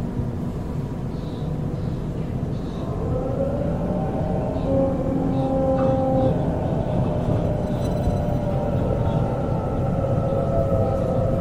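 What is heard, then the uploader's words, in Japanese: A Sydney train rumbles steadily, a dense, low roar that holds even throughout. From about three seconds in, a pitched electric motor whine rises and hums above the rumble, with faint higher chirps flickering early on. シドニー市内へ向かう電車の音。今回も最新版をPCM録音ステレオでお送りします。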